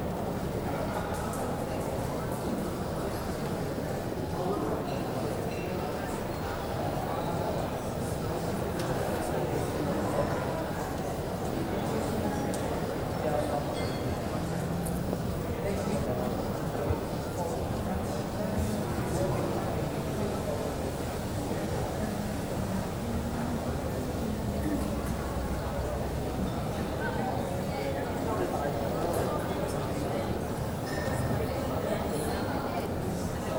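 A hotel lobby in Hong Kong, filled with a steady murmur of many voices talking at once. The chatter stays dense and even throughout, with occasional light clicks and taps, perhaps footsteps or small objects, over a low constant hum.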